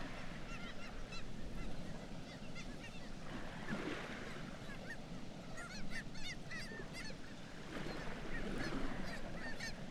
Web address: Black legged kittiwake. صدای-پرنده-کاکایی-پاسیاه